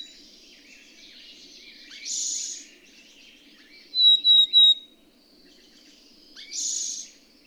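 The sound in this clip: Bird song: two rasping buzzy bursts around a short run of three clear whistled notes, with faint twittering behind.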